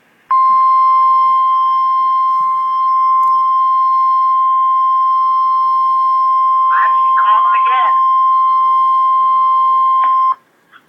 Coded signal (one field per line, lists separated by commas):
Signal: Emergency Alert System (SAME) tones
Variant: 1050 Hz attention tone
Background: speech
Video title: REAL EAS 551-Tornado watch